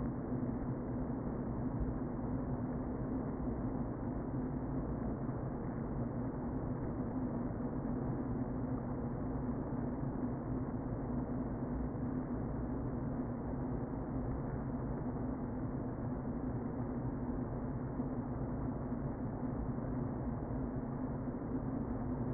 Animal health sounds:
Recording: honeybee colony, microphone inside the hive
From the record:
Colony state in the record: queen present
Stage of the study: before two queens were removed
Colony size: about 60,000 bees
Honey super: yes

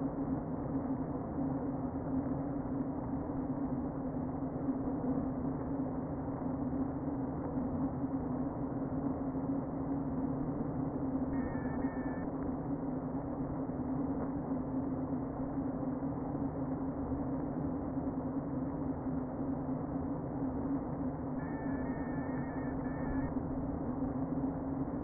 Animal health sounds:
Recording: honeybee colony, microphone inside the hive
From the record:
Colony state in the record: queen present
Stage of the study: before two queens were removed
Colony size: about 60,000 bees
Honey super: yes

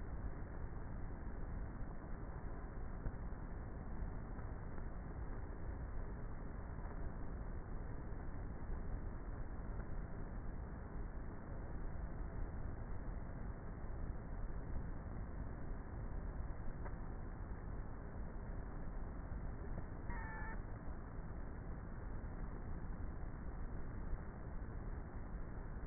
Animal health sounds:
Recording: honeybee colony, microphone inside the hive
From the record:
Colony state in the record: queenless with a low population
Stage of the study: before two queens were removed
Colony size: about 30,000 bees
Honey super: no

